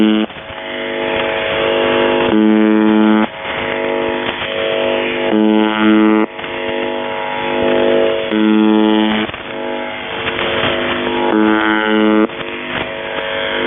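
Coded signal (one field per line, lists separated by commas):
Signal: channel marker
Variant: UVB-76 (The Buzzer)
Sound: harsh low buzzes about one second long, four in the clip, between static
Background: radio static, interference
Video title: Kerro malfunction and beeps and screaming and morse code in the background on the buzzer 4625khz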